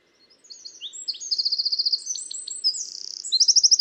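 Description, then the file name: Eurasian wren delivering a rapid, shrill song of piercing notes with several fast even trills. "Troglodytes troglodytes"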